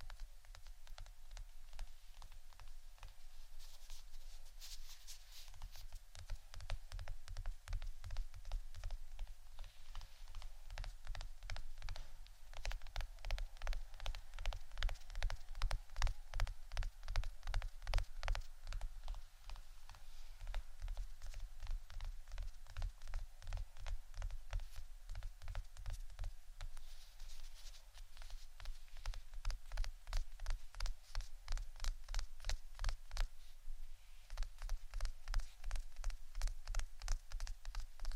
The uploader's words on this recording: ASMR 2 Types Of Tapping（No Talking）.